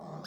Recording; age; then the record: pig call; piglet (1 to 25 days)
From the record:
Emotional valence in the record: negative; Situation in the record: long isolation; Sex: male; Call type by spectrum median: low-frequency call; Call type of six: mixed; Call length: 0.28 s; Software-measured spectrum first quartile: 282 Hz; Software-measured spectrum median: 688 Hz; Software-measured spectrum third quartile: 1828 Hz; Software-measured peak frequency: 186 Hz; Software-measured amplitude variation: 120 dB a second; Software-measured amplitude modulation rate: 23.4 a second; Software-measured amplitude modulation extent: 5.1 dB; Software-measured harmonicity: 1.5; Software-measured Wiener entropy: -1.43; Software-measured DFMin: 379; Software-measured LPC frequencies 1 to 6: 689, 2940, 3666, 4914, 6360, 7955 Hz